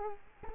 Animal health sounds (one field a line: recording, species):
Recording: mosquito wingbeat signal from an infrared sensor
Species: Culex quinquefasciatus